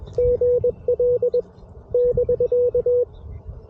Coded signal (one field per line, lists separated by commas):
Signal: Morse code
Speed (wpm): 21 wpm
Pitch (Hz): 490 Hz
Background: none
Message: GL <BK>